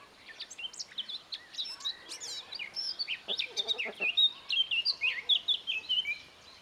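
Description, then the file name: Eurasian blackcap song: a rapid, chattering warble of scratchy notes that builds into a louder run of clear, fluty whistled phrases toward the end. "Sylvia atricapilla"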